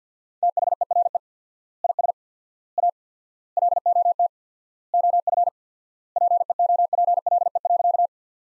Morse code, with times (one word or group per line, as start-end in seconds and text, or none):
0.4-1.2 THERE
1.8-2.1 IS
2.8-2.9 A
3.6-4.3 LOT
4.9-5.5 OF
6.2-8.1 PEOPLE.